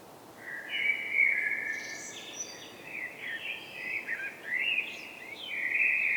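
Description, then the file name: Common blackbird singing a longer, varied phrase of mellow fluty notes mixed with quick, high, squeaky twitters, ending in a sustained clear note. "Turdus merula"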